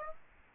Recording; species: mosquito wingbeat signal from an infrared sensor; Aedes aegypti